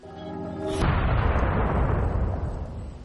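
A steady, buzzing tonal hum gives way to a single loud explosion boom from a blinding burst of light striking a puppet automaton, followed by a long, deep rumbling roar that slowly fades over the next few seconds.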